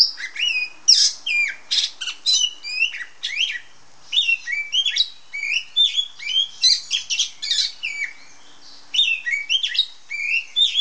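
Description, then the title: Oriental magpie-robin pouring out a dense chatter of clear slurred whistles and harsh grating notes, with brief gaps between busy phrases. Female; Indonesian name kacer hitam, black magpie-robin. "Kacer Betina suara burung kacer hitam betina"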